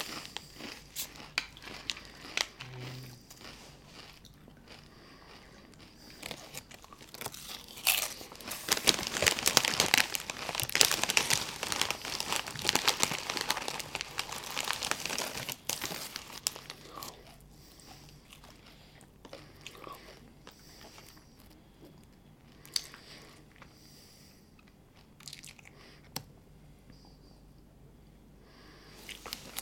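Chips crunch and crinkle in irregular bursts, loudest and densest around seconds eight to sixteen, then quieter scattered crackles and clicks follow.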